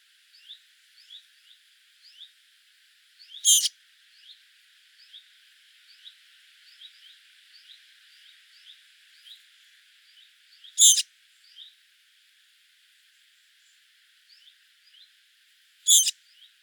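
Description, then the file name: Eurasian blackcap calls: three sharp, loud tack notes several seconds apart, with faint high ticking continuing in the background. "Sylvia atricapilla"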